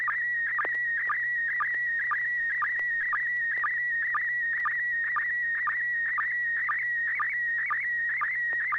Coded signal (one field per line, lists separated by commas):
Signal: SSTV (slow-scan television)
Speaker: you're listening to the River City arcs slow scan TV net Wednesdays at 9pm uh thanks so much George for that transmission